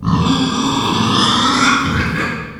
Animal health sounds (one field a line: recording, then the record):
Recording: squeal of a Yucatan mini pig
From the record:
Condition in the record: after surgery on the right vocal fold (resection and tissue-engineered implant)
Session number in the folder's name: 16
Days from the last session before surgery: 183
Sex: female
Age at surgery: 19 weeks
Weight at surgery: 25 kg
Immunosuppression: prednisolone